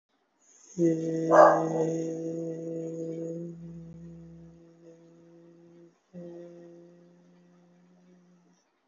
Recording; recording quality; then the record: sustained vowel as in made; excellent, no background noise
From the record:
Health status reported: healthy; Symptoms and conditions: none ticked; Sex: male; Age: 22 years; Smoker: not ticked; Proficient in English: yes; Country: India